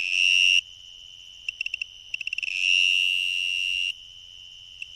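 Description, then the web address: Two-spotted tree cricket song: steady high trills separated by gaps, with short pulsed bursts between them. "The Songs of Insects. Two-spotted Tree Cricket"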